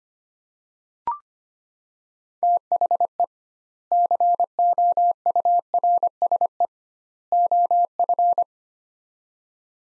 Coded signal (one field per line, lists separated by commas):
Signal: Morse code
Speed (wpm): 25 wpm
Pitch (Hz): 700 Hz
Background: none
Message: THE COURSE OF